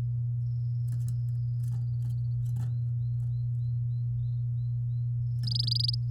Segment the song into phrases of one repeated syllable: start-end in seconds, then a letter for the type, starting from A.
5.43-5.95 A